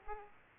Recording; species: mosquito wingbeat signal from an infrared sensor; Aedes aegypti